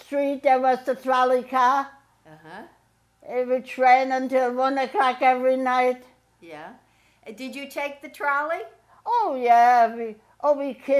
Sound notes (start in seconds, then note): none